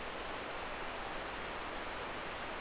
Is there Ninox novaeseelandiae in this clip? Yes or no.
no